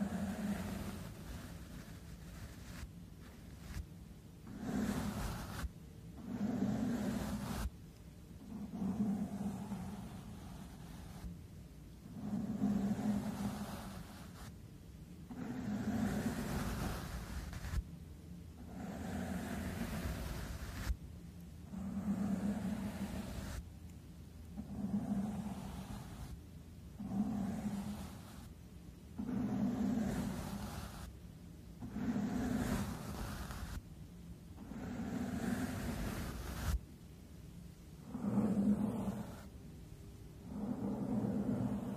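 A microphone being brushed, scratched and stroked, in repeated low rubbing passes roughly every two to three seconds. Each stroke swells and fades with a dull, muffled body, and sharp scratchy clicks and bursts cut through between them throughout.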